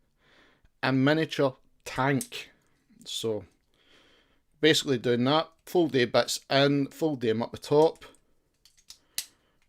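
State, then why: Seated. Plastic panels of a transforming toy cassette are folded in and up at the top as it changes into tank mode while someone talks. A loud, sharp snap at 9.2 s marks the panels clicking into place, seated.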